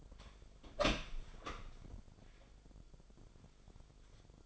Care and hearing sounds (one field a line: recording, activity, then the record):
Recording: daily activity, microphone in the room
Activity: open door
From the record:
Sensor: 5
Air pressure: 1007.2 hPa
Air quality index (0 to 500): 170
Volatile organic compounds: 4 ppm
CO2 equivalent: 1624 ppm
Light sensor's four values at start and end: 55/156/61/61 and 56/159/62/62